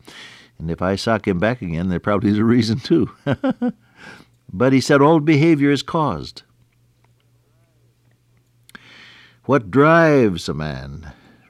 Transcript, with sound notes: And if I sock him back again there probably is a reason too. [chuckle] But he said all behavior is caused.
What drives a man,